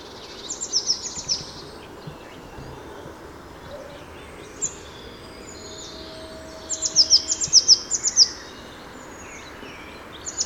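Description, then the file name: Eurasian blue tit calls: thin, very high chips in short bursts, with a longer quick run of several notes later on, over a soft steady outdoor hiss. "Cyanistes caeruleus"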